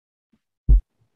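A single deep, short thump sits in near silence, with no hiss or blowing sound around it. It is a slowed-down simulation of normal first and second heart sounds, made by closure of the mitral and tricuspid valves, then the aortic and pulmonary valves.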